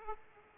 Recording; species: mosquito wingbeat signal from an infrared sensor; Aedes aegypti